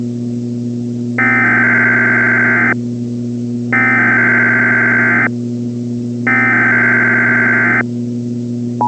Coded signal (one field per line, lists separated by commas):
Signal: Emergency Alert System (SAME) tones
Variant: header bursts